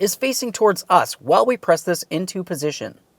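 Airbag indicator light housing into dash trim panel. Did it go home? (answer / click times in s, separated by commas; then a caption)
no / none. An airbag indicator light housing for a 2003-2011 Mercury Grand Marquis is pressed into position against the dash trim panel, with the electrical connector area facing out, while someone talks throughout. Nothing has seated or clicked yet when the clip ends.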